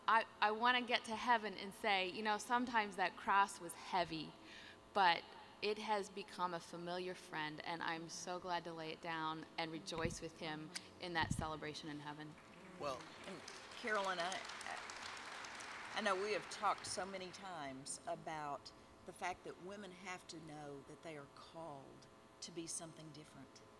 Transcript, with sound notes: I want to get to heaven and say, “Sometimes that cross was heavy, but it has become a familiar friend, and I’m so glad to lay it down and rejoice with Him in that celebration in heaven.” (applause)
Carolyn, we have talked so many times about the fact that women have to know that they are called to be something different.